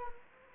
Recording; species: mosquito wingbeat signal from an infrared sensor; Anopheles gambiae